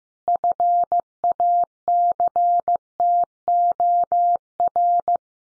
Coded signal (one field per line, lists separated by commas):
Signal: Morse code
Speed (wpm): 14 wpm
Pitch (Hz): 700 Hz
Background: none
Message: FACTOR